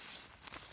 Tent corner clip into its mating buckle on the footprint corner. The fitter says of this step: reflective pull here so you can cinch it up cut corners it snaps into place here this